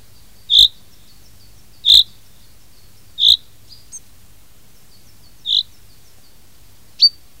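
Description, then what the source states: Common chaffinch giving short, sharp, high call notes, repeated at uneven intervals of a second or two, over a quiet background. Recorded in 2010.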